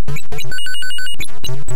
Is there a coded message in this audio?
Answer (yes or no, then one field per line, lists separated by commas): no